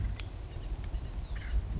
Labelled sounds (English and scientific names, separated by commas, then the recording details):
Acorn Woodpecker (Melanerpes formicivorus)
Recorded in Sonoma County, California